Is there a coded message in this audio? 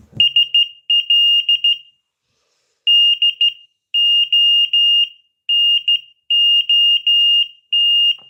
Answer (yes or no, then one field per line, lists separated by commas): yes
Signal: Morse code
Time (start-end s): 0.2-8.1 s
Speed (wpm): 14 wpm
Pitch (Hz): 2850 Hz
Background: none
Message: SL DO NOT